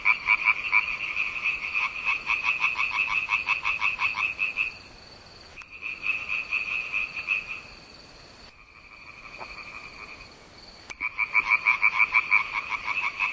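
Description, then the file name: Frog croaking in fast, rattling bursts of several notes per second, with a quieter stretch midway before the loud calling resumes. "zaby"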